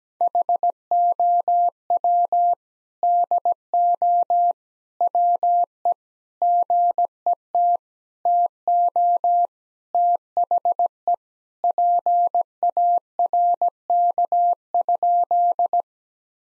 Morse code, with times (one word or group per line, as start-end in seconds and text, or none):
0.2-2.5 HOW
3.0-4.5 DO
5.0-5.9 WE
6.4-7.8 GET
8.3-9.5 TO
9.9-11.1 THE
11.6-15.8 PARK?